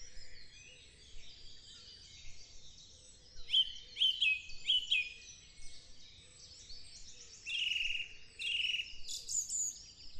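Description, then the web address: Thrush song with short repeated whistled notes, then longer varied warbling phrases, other birds singing around it. "numbersquash thrush"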